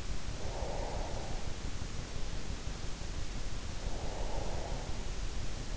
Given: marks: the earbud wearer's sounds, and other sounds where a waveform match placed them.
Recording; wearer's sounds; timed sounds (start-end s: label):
sounds in sleep by an in-ear microphone; breath
0.00-1.56 s: breath
3.53-5.38 s: breath